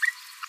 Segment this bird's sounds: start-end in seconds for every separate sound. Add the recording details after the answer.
0.02-0.06, 0.43-0.45. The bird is a male. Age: 22 days. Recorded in a nest box in Venezuela. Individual 17B42A3